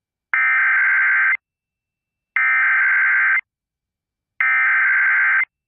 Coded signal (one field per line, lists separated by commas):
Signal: Emergency Alert System (SAME) tones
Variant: header bursts